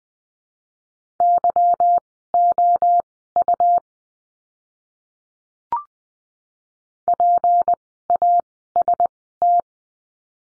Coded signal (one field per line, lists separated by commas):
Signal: Morse code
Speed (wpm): 20 wpm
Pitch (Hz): 700 Hz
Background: none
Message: YOU PAST